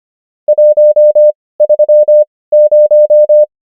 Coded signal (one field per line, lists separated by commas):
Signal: Morse code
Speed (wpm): 25 wpm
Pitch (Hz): 600 Hz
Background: none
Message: 130